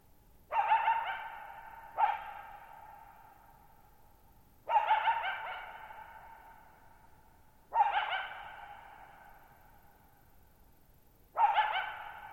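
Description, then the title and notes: Coyote repeating sharp barks and yelps, five calls every few seconds, each trailing into long reverberation in a quiet setting. Lone wild coyote at night, July 14, 2019, Thirtymile Meadows, Okanogan National Forest, Okanogan High Country, Pacific Northwest; shallow-bowl meadow at 6400 ft on dry high plateau, very quiet, long natural reverberation. "Lone Coyote at Thirtymile Meadows. I spent the night of July 14, 2019, camped near Thirtymile Meadows in the Okanogan National Forest at 6400 ft (1950 m)"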